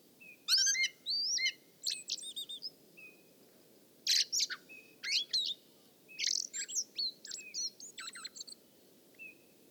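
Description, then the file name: Common blackbird uttering rapid, thin, high-pitched twittering phrases in clustered bursts, with a faint low background hiss. "Turdus merula"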